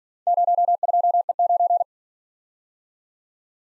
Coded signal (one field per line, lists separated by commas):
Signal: Morse code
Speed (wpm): 46 wpm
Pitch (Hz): 700 Hz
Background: none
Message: 02E9